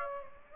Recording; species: mosquito wingbeat signal from an infrared sensor; Aedes aegypti